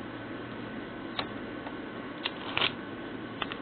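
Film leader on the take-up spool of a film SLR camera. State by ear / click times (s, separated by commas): not seated / none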